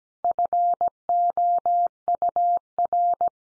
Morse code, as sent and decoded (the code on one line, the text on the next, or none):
..-. --- ..- .-.
FOUR